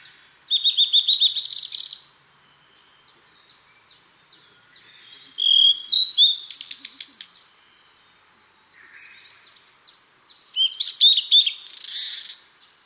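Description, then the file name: Blue-and-white flycatcher song: three loud phrases of clear notes and quick trills, each about one to two seconds long, with quieter high twittering between. "ooruri"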